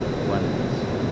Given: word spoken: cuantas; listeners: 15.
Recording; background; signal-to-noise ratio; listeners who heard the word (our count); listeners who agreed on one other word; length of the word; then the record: one Spanish word in noise, from a listening test; speech-shaped noise; -6.8 dB; 2 of 15; 6 of 15; 0.72 s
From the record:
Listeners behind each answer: 6, 3, 2, 1, 1, 1, 1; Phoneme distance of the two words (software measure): 20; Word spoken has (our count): 2 syllables, 7 phonemes, stress on syllable 1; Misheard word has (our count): 2 syllables, 7 phonemes, stress on syllable 1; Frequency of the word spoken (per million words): 18.71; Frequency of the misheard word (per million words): 8.48